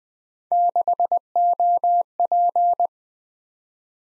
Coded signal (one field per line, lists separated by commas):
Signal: Morse code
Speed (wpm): 20 wpm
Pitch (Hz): 700 Hz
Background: none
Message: 6OP